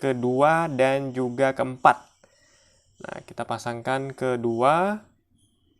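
A DDR4 memory module is being fitted into the second DIMM slot of a motherboard while someone talks throughout, with a brief quiet pause around 2–3 seconds. The clip ends before the module goes home, so nothing has seated or clicked yet.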